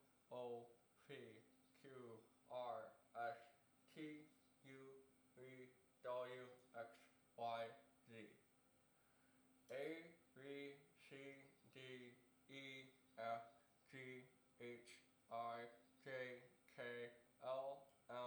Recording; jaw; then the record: letters of the alphabet, spoken; constrained by a bite bar between the teeth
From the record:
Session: first day, right after the free take